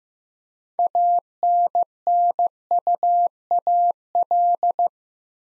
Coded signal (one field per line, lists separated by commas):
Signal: Morse code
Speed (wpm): 15 wpm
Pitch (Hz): 700 Hz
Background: none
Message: ANNUAL